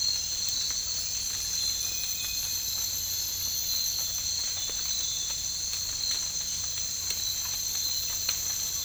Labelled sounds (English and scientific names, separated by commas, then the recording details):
none
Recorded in dense forest near Puerto Asís, Putumayo, Colombia, on 19 March 2025 at 02:30
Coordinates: 0.485, -76.318
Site G056